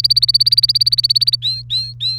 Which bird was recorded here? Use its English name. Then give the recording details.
Domestic Canary. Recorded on 30 April 2018 at 15:48. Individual llb3